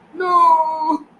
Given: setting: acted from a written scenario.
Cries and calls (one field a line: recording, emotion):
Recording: vocal sound without words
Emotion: sadness